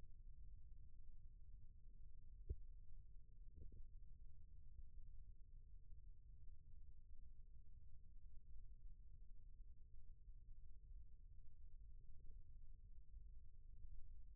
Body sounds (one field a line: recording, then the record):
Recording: forearm muscle sounds (acoustic myography)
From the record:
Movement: rest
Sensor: system 1, eight BSWA MPA416 microphones around the upper forearm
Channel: 6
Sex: male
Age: 28 years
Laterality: right